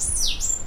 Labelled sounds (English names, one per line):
Stitchbird song